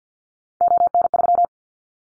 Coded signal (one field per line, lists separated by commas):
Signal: Morse code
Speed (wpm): 49 wpm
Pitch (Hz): 700 Hz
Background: none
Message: ON3